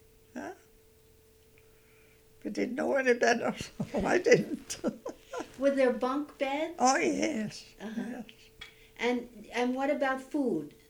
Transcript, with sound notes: We didn't know any better. I didn't. ( she laughs )
Were there bunk beds?
Oh, yes.
And what about food?